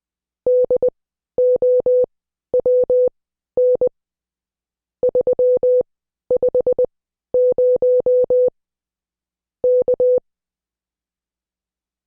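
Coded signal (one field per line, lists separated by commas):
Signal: Morse code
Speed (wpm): 20 wpm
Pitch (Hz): 500 Hz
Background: none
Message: DOWN 350 K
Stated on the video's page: Morse code class lesson.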